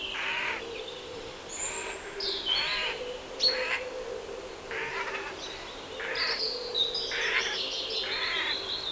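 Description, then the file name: Eurasian jay calling with a run of hoarse, grating screeches in quick succession, mixed with high, thin notes from other birds. "Garrulus glandarius"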